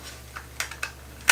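Plastic side grip panels are handled against an Xbox One controller body before being snapped back into place, producing light plastic taps and ticks near 0.4, 0.6, 0.8 and a sharper one near 1.3 seconds over a low steady hum. Nothing has seated or clicked into place yet.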